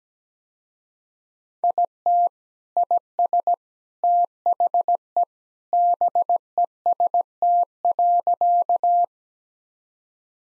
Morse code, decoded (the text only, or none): IT IS THE BEST.